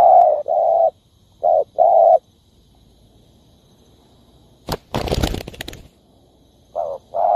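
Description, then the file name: Spotted dove giving a few mellow coos, then a gap broken by a noisy burst, before the soft cooing resumes at the end. Cooing (Vietnamese: gáy). "tieng cu dat gay"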